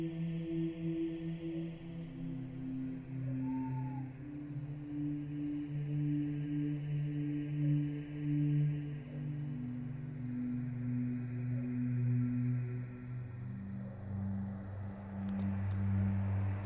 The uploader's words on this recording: Chapel graveyard ambience | peaceful night. Owl, night insects.